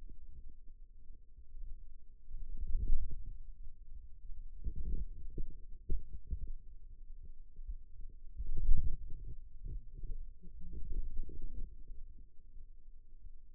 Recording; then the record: forearm muscle sounds (acoustic myography)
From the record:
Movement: wrist flexion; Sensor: system 2, bracelet of six BSWA MPA416 microphones around the upper forearm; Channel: 2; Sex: male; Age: 22 years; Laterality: right